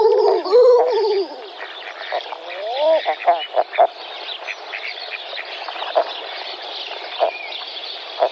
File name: King Eider